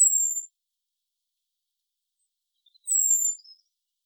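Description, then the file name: Common blackbird call, two thin high whistles, the first cut short at the start, the second descending and followed by soft faint notes. "Turdus merula"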